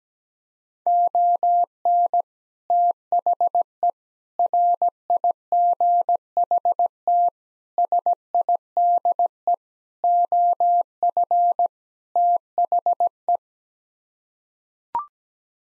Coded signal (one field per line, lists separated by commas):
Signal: Morse code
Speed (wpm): 17 wpm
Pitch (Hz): 700 Hz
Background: none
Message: ON THE RIGHT SIDE OF THE